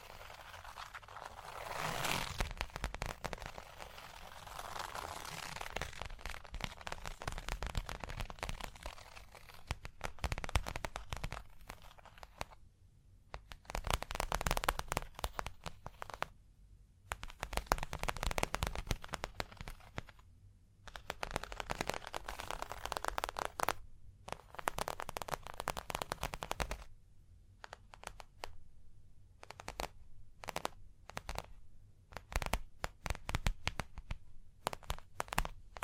Hypnotic Surface Tapping, Scratching, Tracing Sounds